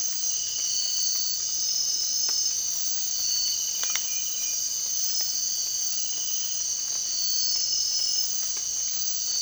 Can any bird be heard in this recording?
no